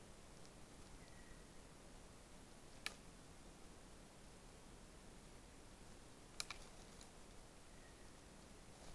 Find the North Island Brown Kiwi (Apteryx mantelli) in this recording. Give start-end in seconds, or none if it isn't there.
none